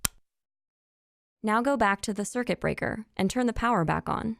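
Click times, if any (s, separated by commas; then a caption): 0.1 s. A round plastic Nest thermostat display, held with the Nest logo at the top, is pushed onto its wall-mounted base and clicks into place at 0.1 s with a single sharp hit. After a short silence, someone talks. The display is seated on the base.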